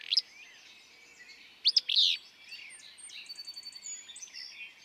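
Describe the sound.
Willow flycatcher song: a sharp high note, then a sharp upslurred note followed by a short burry buzz, over a faint busy background of other small birds.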